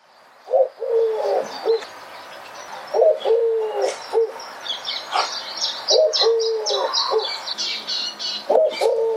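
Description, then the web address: Bird calls: mellow, low cooing phrases repeated every few seconds, with busy high chirping and twittering from other birds throughout. "Deverinetal 2025. Bird Only"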